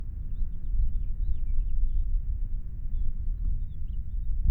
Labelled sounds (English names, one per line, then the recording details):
House Finch song
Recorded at Wantagh on Long Island, New York, on 21 May 1975
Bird I